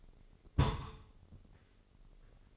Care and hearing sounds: daily activity, microphone in the room; place on stove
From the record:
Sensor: 4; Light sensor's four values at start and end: 19/51/19/21 and 18/50/19/21

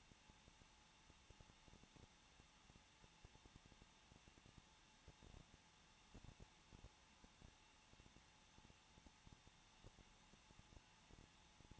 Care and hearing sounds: daily activity, microphone in the room; no activity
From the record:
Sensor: 1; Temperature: 20.1 degrees Celsius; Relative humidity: 39.4%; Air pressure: 1006.4 hPa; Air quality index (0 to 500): 219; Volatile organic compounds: 81 ppm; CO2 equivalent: 3618 ppm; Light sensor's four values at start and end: 1/2/1/1 and 1/2/1/1

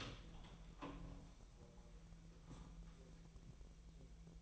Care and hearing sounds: daily activity, microphone in the room; open door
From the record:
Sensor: 1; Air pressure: 1001.4 hPa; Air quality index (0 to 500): 250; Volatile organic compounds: 136 ppm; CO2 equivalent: 3956 ppm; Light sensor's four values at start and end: 12/30/12/13 and 13/30/12/14

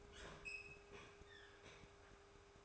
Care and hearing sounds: daily activity, microphone in the room; open fridge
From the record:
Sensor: 2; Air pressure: 1004.5 hPa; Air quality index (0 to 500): 184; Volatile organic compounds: 10 ppm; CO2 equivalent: 2204 ppm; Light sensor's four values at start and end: 4/11/4/4 and 4/11/4/4

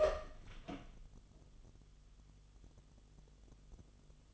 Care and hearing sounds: daily activity, microphone in the room; open door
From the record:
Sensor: 4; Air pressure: 1005.8 hPa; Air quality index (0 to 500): 77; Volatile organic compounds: 1 ppm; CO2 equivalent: 941 ppm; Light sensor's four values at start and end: 13/30/12/11 and 13/29/11/11

